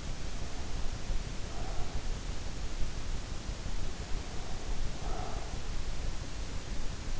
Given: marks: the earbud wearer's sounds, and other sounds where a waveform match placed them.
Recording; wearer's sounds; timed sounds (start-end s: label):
sounds in sleep by an in-ear microphone; breath
0.37-2.02 s: breath
4.07-5.79 s: breath